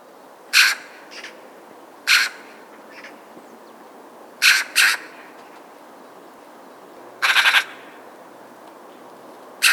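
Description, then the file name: Eurasian magpie uttering repeated harsh, grating chak notes at irregular intervals, a quick double call near the middle and a longer rattling burst later. "Pica pica"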